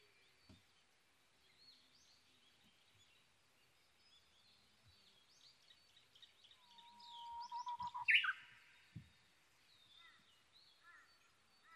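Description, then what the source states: Japanese bush warbler song: a whistled note and a loud flourish near the end, rising over a busy chorus of other birds and scattered low knocks. Recorded 22 May 2011 at 05:58.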